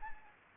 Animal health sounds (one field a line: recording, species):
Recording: mosquito wingbeat signal from an infrared sensor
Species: Anopheles arabiensis